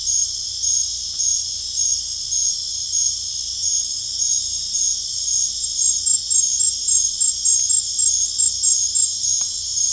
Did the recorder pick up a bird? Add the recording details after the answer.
no. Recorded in dense forest near Puerto Asís, Putumayo, Colombia, on 18 December 2024 at 20:00. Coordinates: 0.484, -76.325. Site G056